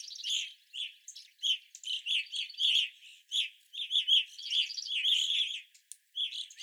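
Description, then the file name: Dense chatter of evening grosbeak calls, rough chirps running almost continuously. Several evening grosbeaks recorded 25 April 2021. "2021-04-25 Evening Grosbeaks"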